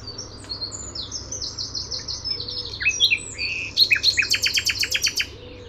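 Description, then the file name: Common nightingale song: a string of varied high chirps and short buzzy phrases, ending in a loud burst of sharp repeated notes delivered rapidly; a faint low hum underneath. "Luscinia megarhynchos"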